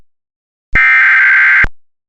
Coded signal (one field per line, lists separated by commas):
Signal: Emergency Alert System (SAME) tones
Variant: header bursts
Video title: (EAS MOCK) "Lock your doors."